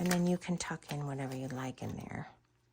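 Someone talks while handling the magnetized paper envelope flap on the back of a handmade journal booklet, which closes onto a strong magnet. Only speech is heard, with no distinct handling sounds. The flap has not yet snapped shut, and nothing has seated or clicked.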